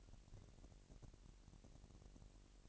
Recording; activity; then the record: daily activity, microphone in the room; take from stove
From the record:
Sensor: 4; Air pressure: 1002.9 hPa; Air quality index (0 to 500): 248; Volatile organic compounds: 12 ppm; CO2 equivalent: 2331 ppm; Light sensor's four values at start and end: 8/18/7/7 and 8/18/7/7